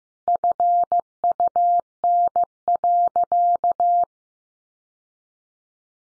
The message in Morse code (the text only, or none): FUN.